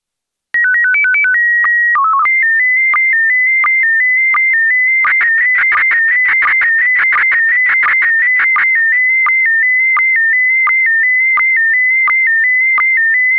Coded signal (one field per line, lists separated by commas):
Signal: SSTV (slow-scan television)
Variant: PD 90